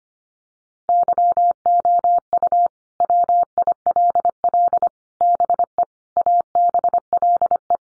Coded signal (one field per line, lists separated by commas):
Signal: Morse code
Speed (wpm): 25 wpm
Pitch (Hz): 700 Hz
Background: none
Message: YOU WILL BE ABLE